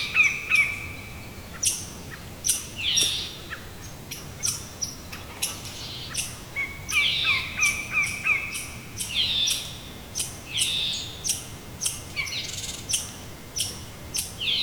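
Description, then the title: Bird calls: a busy run of high chirps and harsh, scratchy notes, several per second, with sharp clicks scattered throughout. Recorded by a lake near Pine Lake, Wood Buffalo National Park, Alberta, Canada. "湖边的鸟叫_伍德布法罗国家公园，靠近加拿大艾伯塔省派恩湖"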